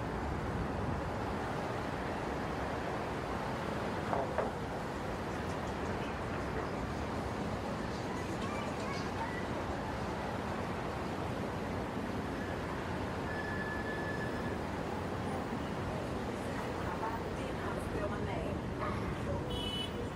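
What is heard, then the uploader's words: Heavy traffic on the Brooklyn Bridge keeps up a dense, steady roar with a strong low rumble throughout. A brief clatter stands out near four seconds, and a thin high tone briefly rises above the roar around thirteen to fourteen seconds, with faint ticking sounds later on. Soundscape of Brooklyn Bridge in New York City. It was already after 10pm on Saturday night, but the traffic was still heavy on the bridge. In this recording, you can feel the summer night of Brooklyn, NY.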